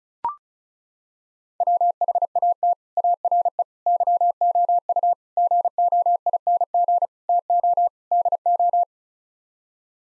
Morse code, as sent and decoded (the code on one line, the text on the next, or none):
.-- .... .- - / .- .-. . / -.-- --- ..- / --. --- .. -. --. / - --- / -.. ---
WHAT ARE YOU GOING TO DO